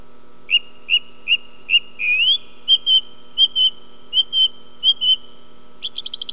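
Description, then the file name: Song thrush song: a clear whistled note repeated four times, a rising slur, doubled notes repeated several times, then a fast trill. "grive musicienne"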